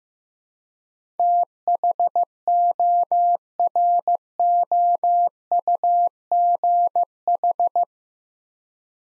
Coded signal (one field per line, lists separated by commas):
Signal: Morse code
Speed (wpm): 15 wpm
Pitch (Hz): 700 Hz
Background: none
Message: THOROUGH